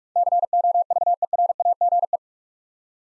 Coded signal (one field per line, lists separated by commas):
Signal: Morse code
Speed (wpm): 46 wpm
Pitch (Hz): 700 Hz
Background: none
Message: COVERAGE